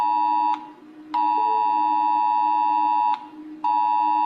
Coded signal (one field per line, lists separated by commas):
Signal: Emergency Alert System (SAME) tones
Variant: 853 and 960 Hz attention tone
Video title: Calificando alarmas EAS (Rating EAS alarms) •Your Local Bean•